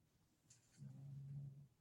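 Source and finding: Dog. Snoring.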